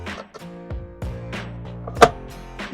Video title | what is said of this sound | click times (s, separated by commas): Ram 3500 Transmission Fluid Change (Aisin Transmission Service) | you can hear it click in how you know it's seated always always always | 2.0 s